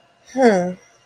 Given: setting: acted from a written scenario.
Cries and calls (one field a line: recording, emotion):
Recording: vocal sound without words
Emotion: neutral